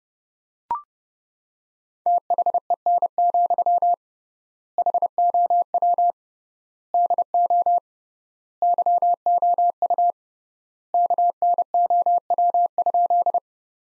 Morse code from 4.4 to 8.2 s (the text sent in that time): HOW DO